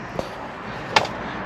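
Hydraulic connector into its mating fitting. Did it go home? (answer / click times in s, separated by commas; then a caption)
no / none. A metal hydraulic connector is struck with a mallet, one-handed, to push it into its mating fitting. Two sharp taps land at about 0.2 s and 1.0 s, the second much louder, over a steady background. The connector has not seated yet, and no click is heard.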